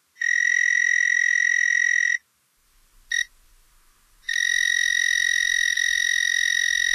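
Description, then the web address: Narrow-winged tree cricket singing a steady, shrill trill, broken by a pause and a brief burst before resuming continuously. North America. "Songs of Insects. Narrow-winged Tree Cricket"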